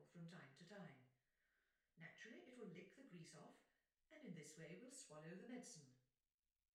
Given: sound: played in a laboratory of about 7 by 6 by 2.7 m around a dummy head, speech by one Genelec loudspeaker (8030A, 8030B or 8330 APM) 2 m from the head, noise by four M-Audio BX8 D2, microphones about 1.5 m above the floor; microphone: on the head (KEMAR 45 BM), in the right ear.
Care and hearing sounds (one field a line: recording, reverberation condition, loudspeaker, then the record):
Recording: female speech in English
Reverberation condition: medium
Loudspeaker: 150 degrees to the left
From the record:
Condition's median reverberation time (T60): about 510 ms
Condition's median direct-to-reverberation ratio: about -0.5 dB